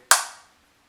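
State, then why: Seated. A twist cap on a plastic Fenty Skin Fat Water pore-refining toner serum bottle is turned until it locks. A single sharp, bright click sounds at 0.1 s, and its tail fades out by about 0.5 s. The cap clicks into its locked position and is seated.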